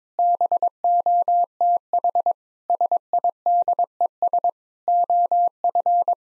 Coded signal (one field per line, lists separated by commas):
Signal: Morse code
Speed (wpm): 22 wpm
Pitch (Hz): 700 Hz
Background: none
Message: BOTH SIDES OF